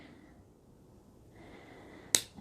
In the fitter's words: and that's where it snaps into place